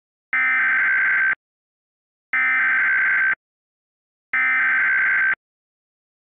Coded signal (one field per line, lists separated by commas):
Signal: Emergency Alert System (SAME) tones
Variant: header bursts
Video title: Request: EAS 2 part CAE & LAE Scenario